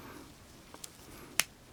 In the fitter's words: snaps into place now when we put the arm armor